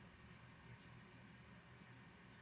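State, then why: Not seated. The ignition switch collar on the ignition lock housing of a 1998 Mercedes SL500 (R129) ignition switch and steering lock assembly is rotated counterclockwise by hand toward its notch. Only a steady broadband hiss with a low hum around 100–200 Hz is heard, with no distinct sounds. The collar has not yet re-engaged, and nothing has clicked or seated yet.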